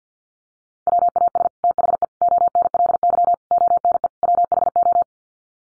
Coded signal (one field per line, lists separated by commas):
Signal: Morse code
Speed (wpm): 50 wpm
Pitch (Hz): 700 Hz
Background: none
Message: WAS THE ONLY ONE WHO